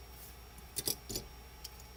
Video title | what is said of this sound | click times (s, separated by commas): Blokees Star Wars Galaxy 01 Live Unboxing & Building | underwear piece just like all the other ones. Clicks right in. | 0.9 s